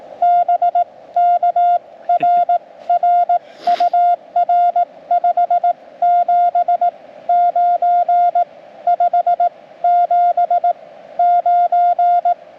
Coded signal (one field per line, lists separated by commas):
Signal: Morse code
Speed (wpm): 18 wpm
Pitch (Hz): 700 Hz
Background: none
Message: BK RR UR 579 579